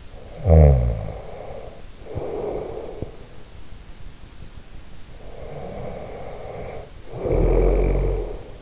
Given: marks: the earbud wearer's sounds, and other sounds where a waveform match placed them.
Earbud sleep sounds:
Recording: sounds in sleep by an in-ear microphone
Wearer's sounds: snoring breath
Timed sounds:
0.22-3.45 s: snoring breath
4.88-8.62 s: snoring breath

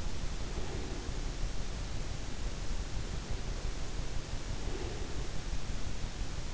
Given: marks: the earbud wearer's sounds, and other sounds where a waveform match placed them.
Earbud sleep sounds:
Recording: sounds in sleep by an in-ear microphone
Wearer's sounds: breath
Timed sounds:
0.34-1.40 s: breath
4.43-5.39 s: breath

